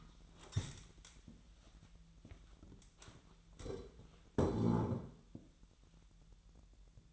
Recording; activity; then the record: daily activity, microphone in the room; stand up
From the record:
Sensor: 3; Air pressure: 1001.6 hPa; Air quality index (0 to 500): 247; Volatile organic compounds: 140 ppm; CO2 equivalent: 3976 ppm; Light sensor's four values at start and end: 11/26/11/11 and 9/20/8/9